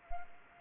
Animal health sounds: mosquito wingbeat signal from an infrared sensor; Anopheles gambiae

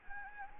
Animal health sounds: mosquito wingbeat signal from an infrared sensor; Anopheles gambiae

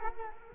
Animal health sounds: mosquito wingbeat signal from an infrared sensor; Culex quinquefasciatus

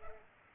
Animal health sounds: mosquito wingbeat signal from an infrared sensor; Culex pipiens

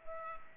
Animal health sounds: mosquito wingbeat signal from an infrared sensor; Culex pipiens

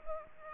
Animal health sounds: mosquito wingbeat signal from an infrared sensor; Culex pipiens

